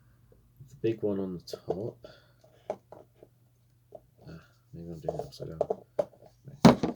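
Someone talks while a plastic filter cartridge is pushed onto the side port of a Scott Promask 2 half/full-face gas mask. A sharp click at 6.7 s marks the cartridge clipping into place. It is the right cartridge and goes straight on, seated.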